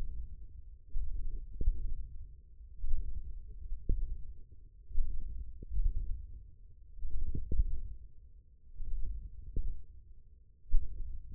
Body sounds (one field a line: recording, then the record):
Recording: forearm muscle sounds (acoustic myography)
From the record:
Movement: wrist extension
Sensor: system 1, eight BSWA MPA416 microphones around the upper forearm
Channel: 7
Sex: male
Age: 20 years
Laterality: left